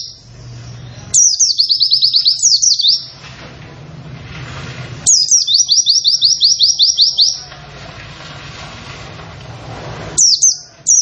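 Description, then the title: White-eye delivering long strings of quick, high sliding chirps, each run lasting about two seconds with quiet breaks between, over a low steady hum. Long, rapid "wit wit wit" song style; singing bird described as in full voice. "Pleci nembak wit wit wit panjang"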